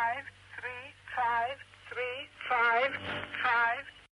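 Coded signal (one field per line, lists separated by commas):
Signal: numbers station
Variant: English, female voice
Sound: a female voice speaks four short, evenly spaced words over a faint hum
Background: low hum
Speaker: here's a recording of a station called ready ready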